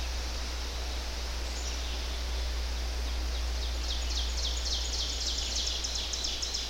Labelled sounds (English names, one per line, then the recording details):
Ovenbird song
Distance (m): 65 m
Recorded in boreal forest in Alberta, Canada, on 10 June 2016 at 08:15
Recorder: SongMeter 3, array SBT-3-39
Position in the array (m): 234 m, 147 m
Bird 17